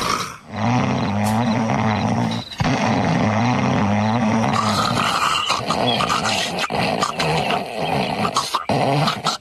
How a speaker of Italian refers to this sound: Né ora né mai mi abituerò al tuo russare, come mi sono abituata a dire sotto la panca la capra campa.